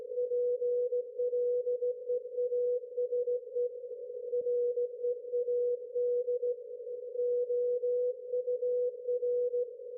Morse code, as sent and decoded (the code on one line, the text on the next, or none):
.--. .-.. . .- ... . / .-. . .- -.. / --- ..- .-.
PLEASE READ OUR